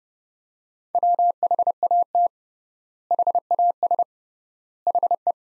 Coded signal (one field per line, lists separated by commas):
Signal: Morse code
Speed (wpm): 30 wpm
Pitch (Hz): 700 Hz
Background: none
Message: WHAT HAS HE